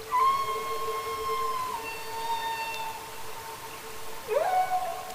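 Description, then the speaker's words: Humpback whale song: long, steady moaning tones with rich overtones, held for several seconds, then a sharp rising upsweep toward the end, over a hissing background. Songs mostly made by males, likely used to attract a mate. "And those humpback whale songs are mostly made by males and are likely used to attract a mate."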